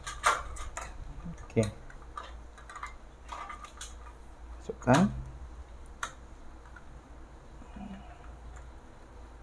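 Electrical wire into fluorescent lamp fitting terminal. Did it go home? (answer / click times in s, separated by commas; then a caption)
no / none. A stripped electrical wire is being handled at the push-in terminal of a fluorescent lamp fitting, with scattered small taps and handling clicks and a sharp tick near 6.0 s. Someone talks briefly. Nothing has seated or clicked yet in the terminal.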